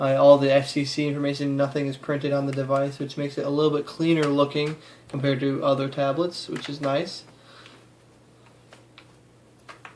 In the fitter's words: kind of snaps back in this is the other problem with samsung in their plastic is it